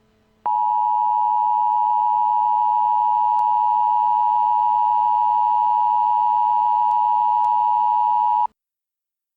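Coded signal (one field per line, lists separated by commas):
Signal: Emergency Alert System (SAME) tones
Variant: 853 and 960 Hz attention tone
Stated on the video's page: Fictional EAS scenario about an asteroid striking Earth.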